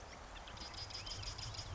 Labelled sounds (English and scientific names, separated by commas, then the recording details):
Marsh Wren (Cistothorus palustris)
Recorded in Sonoma County, California